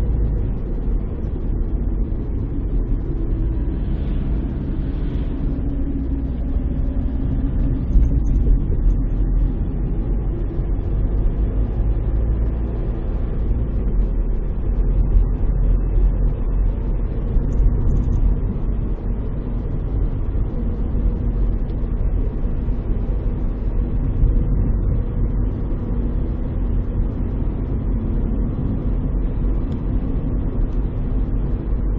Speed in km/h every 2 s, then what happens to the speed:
39, 33, 29, 30, 37, 42, 46, 49, 51, 51, 51, 52, 51, 52, 52, 52.
0-5 slows to 29. 5-16 speeds up to 51. 16-32 steady at about 51.